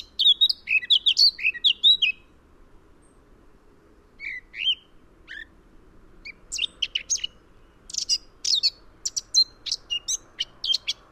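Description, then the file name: Eurasian blackcap giving warbled phrases: a fast tumble of notes, a short pause, a brief phrase, then a long run of sharp, scratchy chattering notes. "Sylvia atricapilla"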